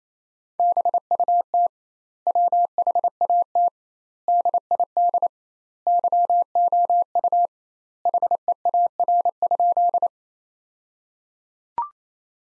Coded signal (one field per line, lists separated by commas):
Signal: Morse code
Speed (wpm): 28 wpm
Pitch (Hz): 700 Hz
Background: none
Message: BUT WHAT DID YOU HEAR?